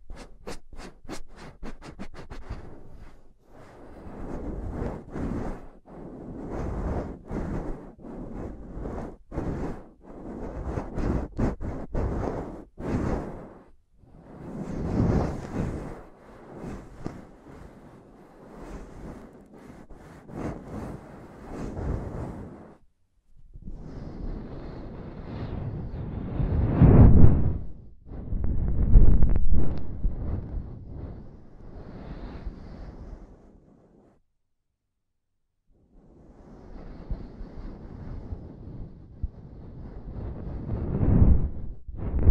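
Tapping and scratching on a microphone, heavy and low, with dense clusters of sharp knocks early on giving way to rough, swelling rubbing bursts. The sound stops dead for a few seconds near 34 seconds, then the scraping resumes and builds toward the end.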